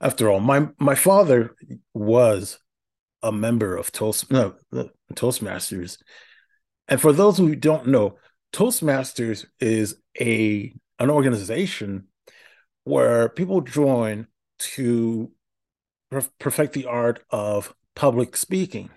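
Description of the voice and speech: An adult man with a speech impediment of about ten years reads fluently at times, with word repetitions, many stretched 'ah' fillers, odd verbal interruptions and long stalled pauses typical of stuttering.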